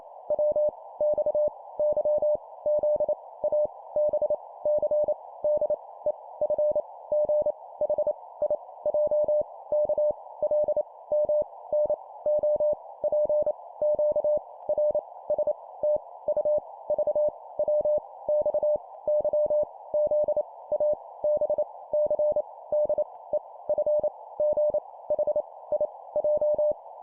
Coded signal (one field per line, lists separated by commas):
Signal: Morse code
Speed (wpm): 28 wpm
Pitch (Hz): 600 Hz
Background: none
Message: W X Y Z A B C D E F G H I J K L M N O P Q R S T U V W X Y Z A B C D E F G H I J